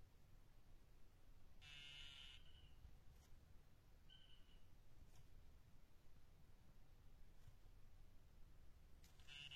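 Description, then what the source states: Dyeing poison dart frog trills, a short high buzz followed by another and a third at the end, with a brief loud rustling burst early on. Dendrobates tinctorius calling, recorded at Tumucumaque.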